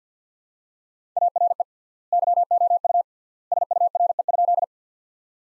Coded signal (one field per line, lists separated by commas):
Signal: Morse code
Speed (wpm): 50 wpm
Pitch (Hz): 700 Hz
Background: none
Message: ARE YOU SURE?